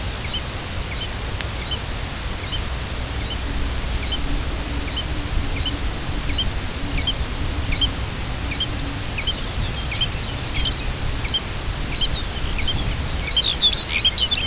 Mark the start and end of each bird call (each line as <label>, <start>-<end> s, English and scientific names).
American Golden-plover (Pluvialis dominica), 0.18-0.41 s
American Golden-plover (Pluvialis dominica), 0.84-1.10 s
American Golden-plover (Pluvialis dominica), 1.54-1.80 s
American Golden-plover (Pluvialis dominica), 2.36-2.59 s
American Golden-plover (Pluvialis dominica), 3.12-3.38 s
American Golden-plover (Pluvialis dominica), 3.96-4.22 s
American Golden-plover (Pluvialis dominica), 4.81-5.07 s
American Golden-plover (Pluvialis dominica), 5.48-5.76 s
American Golden-plover (Pluvialis dominica), 6.17-6.48 s
American Golden-plover (Pluvialis dominica), 6.83-7.18 s
American Golden-plover (Pluvialis dominica), 7.60-7.92 s
American Golden-plover (Pluvialis dominica), 8.41-8.70 s
Lapland Longspur (Calcarius lapponicus), 8.75-11.13 s
American Golden-plover (Pluvialis dominica), 9.08-9.35 s
American Golden-plover (Pluvialis dominica), 9.85-10.12 s
American Golden-plover (Pluvialis dominica), 10.55-10.79 s
American Golden-plover (Pluvialis dominica), 11.18-11.46 s
Lapland Longspur (Calcarius lapponicus), 11.80-14.46 s
American Golden-plover (Pluvialis dominica), 11.81-12.10 s
American Golden-plover (Pluvialis dominica), 12.50-12.77 s
American Golden-plover (Pluvialis dominica), 13.15-13.45 s
American Golden-plover (Pluvialis dominica), 13.88-14.20 s